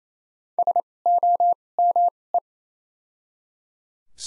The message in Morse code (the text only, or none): S O M E